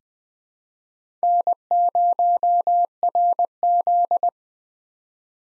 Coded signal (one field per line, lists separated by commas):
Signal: Morse code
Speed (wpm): 20 wpm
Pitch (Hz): 700 Hz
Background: none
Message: N0RZ